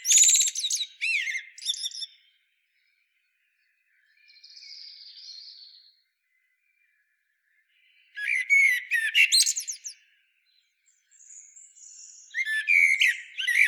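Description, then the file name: Common blackbird: three bursts of shrill, squeaky twittering separated by pauses, with a soft high hiss between them. "Turdus merula"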